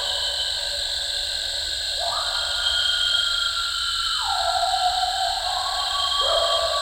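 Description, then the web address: Eastern coyote howling: a howl rises sharply, holds level, drops, then rises again in a fresh upsweep, over steady high background noise. "coyote song full. coyote ecology-of-our-eastern-coyotes"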